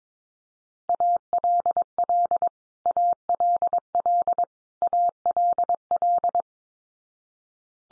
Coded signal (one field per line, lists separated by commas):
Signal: Morse code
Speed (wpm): 22 wpm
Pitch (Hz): 700 Hz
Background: none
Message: ALL ALL ALL